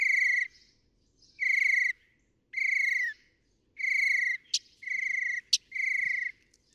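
Northern mockingbird song: buzzy harmonic notes in half-second bursts roughly every second, with two sharp high clicks late in the sequence.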